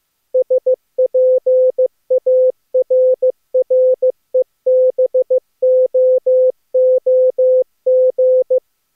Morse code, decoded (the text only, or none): SPARREBOOG